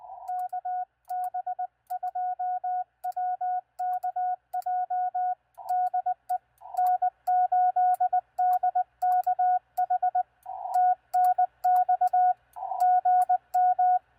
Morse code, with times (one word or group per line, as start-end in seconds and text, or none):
0.3-5.3 KB2WKJ
5.7-6.4 DE
6.8-10.2 N8DKH
10.7-12.3 TNX
12.8-14.0 GM